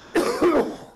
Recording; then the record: coughing mixed with background sound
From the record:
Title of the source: Coughing 77